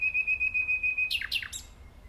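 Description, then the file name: Common nightingale: a sustained thin whistle on one pitch pulsing steadily, then three quick descending sharp notes. "Luscinia megarhynchos"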